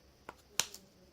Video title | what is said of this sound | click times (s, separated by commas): Panasonic Lumix G7 Kit Review | like so twist clockwise until you hear a clicking sound perfect | 0.6 s